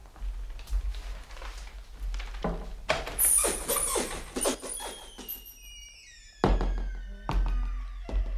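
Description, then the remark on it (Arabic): Heavy, dull knocks land on a prisoner's door a few times at slow, uneven intervals one morning, knocked by the jailer to wake her, following a stretch of rustling clatter and a thin, high, descending whine. “وذات صباح دق الباب عليها فأرهفت أذنيها.”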